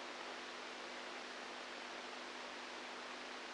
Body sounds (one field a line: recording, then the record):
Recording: brain microelectrode recording played as sound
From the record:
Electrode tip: outside the subthalamic nucleus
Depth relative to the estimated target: 1 mm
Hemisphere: right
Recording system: NeuroSet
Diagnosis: Parkinson's disease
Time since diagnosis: 10 years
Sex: female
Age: 67 years